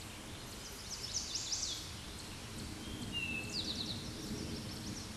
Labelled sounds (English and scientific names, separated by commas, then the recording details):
Eastern Towhee (Pipilo erythrophthalmus) song
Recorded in a Pennsylvania forest on 16 May 2024 at 09:47
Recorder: AudioMoth, point MSD-1368
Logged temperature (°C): 12.5 °C
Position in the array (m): 3 m, 44 m